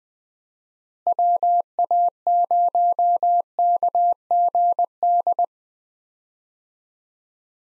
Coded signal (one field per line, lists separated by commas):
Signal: Morse code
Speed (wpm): 21 wpm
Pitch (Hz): 700 Hz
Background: none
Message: WA0KGD